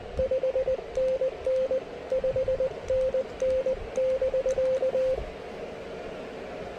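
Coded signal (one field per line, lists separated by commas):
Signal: Morse code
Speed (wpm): 20 wpm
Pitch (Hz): 520 Hz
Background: radio noise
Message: 5NN 5NN<BK>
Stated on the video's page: Portable QRP park activation with a KX3 and an improvised speaker-wire antenna, later moving to 30 meters.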